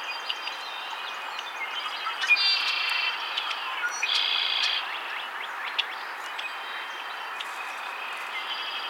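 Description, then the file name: Red-winged Blackbird song: two buzzy, trilled bursts under a second long, with scattered chips and short notes from other birds over a steady background hiss. "Agelaius phoeniceus - Red-winged Blackbird"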